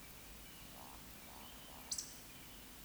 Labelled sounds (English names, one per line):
Eurasian Woodcock whistle
Eurasian Woodcock croak